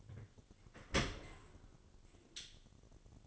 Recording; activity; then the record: daily activity, microphone in the room; open dishwasher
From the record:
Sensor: 4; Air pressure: 1007.5 hPa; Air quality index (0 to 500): 197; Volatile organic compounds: 7 ppm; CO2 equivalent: 1964 ppm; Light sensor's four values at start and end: 22/70/27/26 and 22/70/27/26